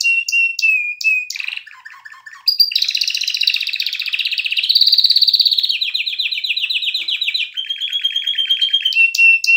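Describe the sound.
Canary song: a few clear whistled notes, then fast rattling trills that shift between pitches, a long buzzy rolling run, ending on steady whistles.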